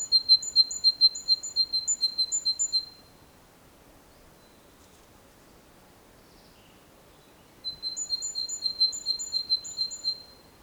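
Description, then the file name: Great tit calls: rapid runs of high, thin notes alternating between a lower and a higher pitch, one run for three seconds, a pause, then another. "Parus major"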